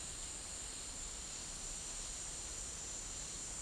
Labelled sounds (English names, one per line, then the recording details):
none
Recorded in dense forest near Puerto Asís, Putumayo, Colombia, on 4 March 2025 at 14:00
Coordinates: 0.499, -76.324
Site GP03